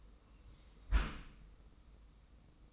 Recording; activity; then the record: daily activity, microphone in the room; close dishwasher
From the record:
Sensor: 1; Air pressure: 990.5 hPa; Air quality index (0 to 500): 180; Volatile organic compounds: 1000 ppm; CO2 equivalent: 6637 ppm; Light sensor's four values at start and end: 25/58/25/27 and 25/59/25/27